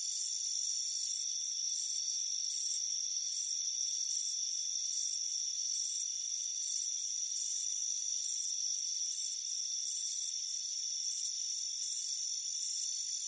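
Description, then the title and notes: Cricket song of repeated high-pitched chirp bursts above a constant shrill hum. Crickets chirping on a warm afternoon, heard from a hammock on a front porch. "Soothing Crickets Chirping Sound. It's a warm afternoon as you relax in a hammock on the front porch. Relax and fall asleep to the soothing sound of chirping crickets. Deep Sleep Sounds"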